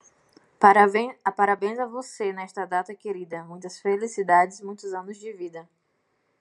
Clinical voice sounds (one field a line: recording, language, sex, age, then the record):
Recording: short text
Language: Brazilian Portuguese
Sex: female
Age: 20 to 29 years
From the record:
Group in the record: control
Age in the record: 26 years